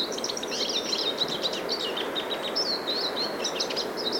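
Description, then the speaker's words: Eurasian siskin song, a quick jumble of high chattering notes and thin squeezed wheezy slurs, against a faint rushing background. Male singing quietly from a small spruce tree near a lake in a national park in Sweden, in winter; recorded with a parabola. "Not far away from the great tit, I found this wonderful Eurasian siskin, a male bird in song."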